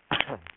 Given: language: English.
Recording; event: throat vibration sensor signal played as sound; cough